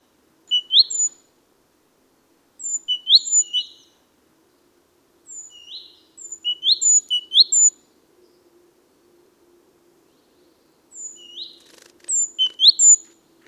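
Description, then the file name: Great tit calling, several short bursts of sharp, high squeaky notes with pauses between. "Parus major"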